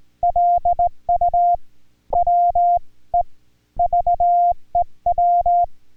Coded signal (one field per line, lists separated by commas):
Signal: Morse code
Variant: Korean alphabet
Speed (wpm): 17 wpm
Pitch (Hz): 700 Hz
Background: music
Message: 기 바 랍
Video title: Chatting in Korean Morse Codes/6K5EIA and HL1SB #Ulsan #CW #6K5EIA #HL1SB #HAM #A1